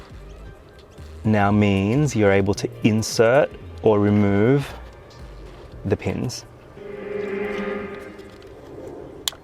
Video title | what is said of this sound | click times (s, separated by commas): Golf Mk4 R32 oil level upgrade, oil temperature sensor retrofit. Full detailed DIY guide + ColorMFA | So that locks it. | 9.3 s